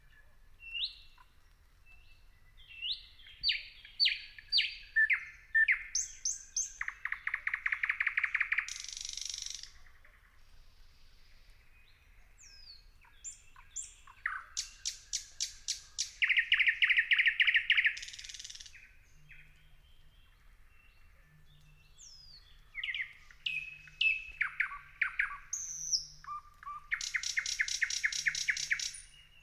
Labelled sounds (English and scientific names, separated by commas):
Thrush Nightingale (Luscinia luscinia)